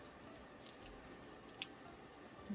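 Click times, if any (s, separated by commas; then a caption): 1.6 s. A screw-on head is turned by hand back into a craft ink tool over quiet background noise, with a couple of faint ticks as it turns. A sharp, short click at 1.6 s shows it has seated in place, even though the part keeps turning.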